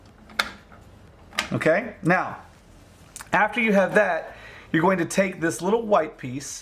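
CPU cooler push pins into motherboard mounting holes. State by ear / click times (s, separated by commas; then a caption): seated / 0.4 s, 1.4 s. A stock CPU cooler sits over the four holes around the processor, and its black plastic push pins are pressed down into the motherboard mounting holes. Sharp clicks come at 0.4 s and 1.4 s, then someone talks. The push pins are seated in the motherboard.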